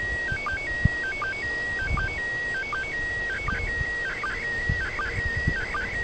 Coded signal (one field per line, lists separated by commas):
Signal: SSTV (slow-scan television)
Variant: PD 180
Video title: Coolest ISS Slow Scan TV Image!